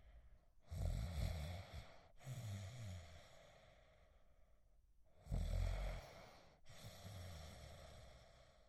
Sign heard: Snoring.